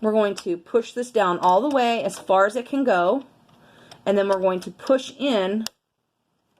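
A cutting blade is being pushed all the way down into the tool holder of a CAMEO 4 vinyl cutter, with the holder lock about to be pushed in. Someone talks through most of the clip, with a brief quiet stretch around 3.3 to 4.1 seconds before the talking resumes and then stops at about 5.7 seconds. The blade has not yet clicked or locked into place.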